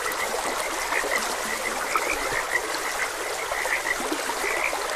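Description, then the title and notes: Frogs croaking in a steady chorus, short notes scattered through, over the constant rush of flowing water. Frogs croaking beside a gentle stream. "Gentle Stream and Frogs Croaking. Sleep and Relaxation Podcast"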